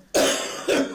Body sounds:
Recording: coughing mixed with background sound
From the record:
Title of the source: Residual Phlegmy Morning Coughing and Gagging

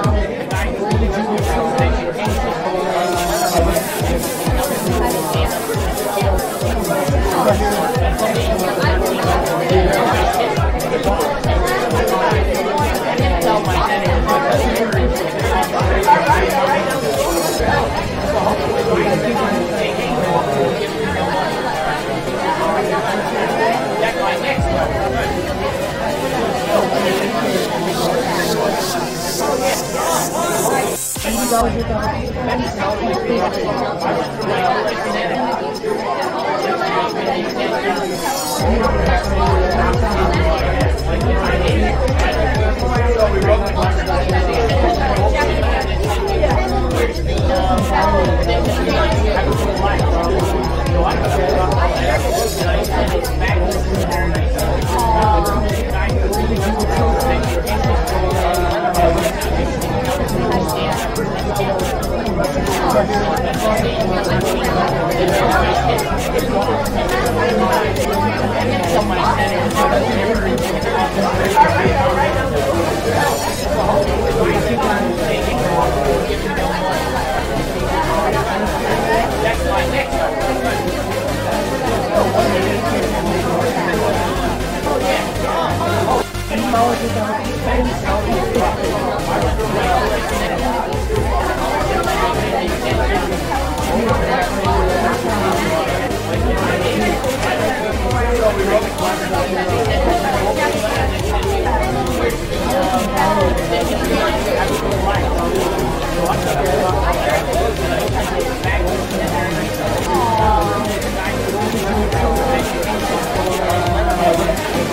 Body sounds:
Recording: background sound without coughing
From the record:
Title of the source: Nightlife Party Simulating Party Club Noise 1 Hour

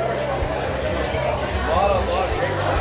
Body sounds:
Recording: background sound without coughing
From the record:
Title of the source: CITY SOUNDS Busy Bar in the Evening Night - 2 HOURS of Ambiance for Relaxation

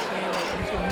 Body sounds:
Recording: coughing mixed with background sound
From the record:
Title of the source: Coughing 60

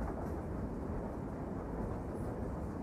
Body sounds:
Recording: background sound without coughing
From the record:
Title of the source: Train Ride Ambience ambient white noise for sleeping, focus, studying, reading

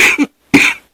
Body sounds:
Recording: coughing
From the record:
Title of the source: 64 coughing, allergies, singing lungs

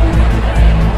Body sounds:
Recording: background sound without coughing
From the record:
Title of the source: Party Noise 1 Hour Party Ambience

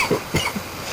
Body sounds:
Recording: coughing mixed with background sound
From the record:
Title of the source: Dry Afternoon Cough

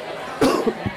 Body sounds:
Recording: coughing mixed with background sound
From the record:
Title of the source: Coughing 77

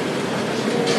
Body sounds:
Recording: background sound without coughing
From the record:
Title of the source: Office Sounds Ambience - Background Noise for Study and Work

